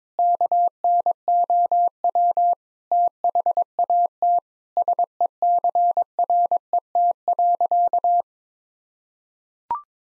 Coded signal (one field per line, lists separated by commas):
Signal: Morse code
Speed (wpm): 22 wpm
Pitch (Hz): 700 Hz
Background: none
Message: KNOW THAT SECRET.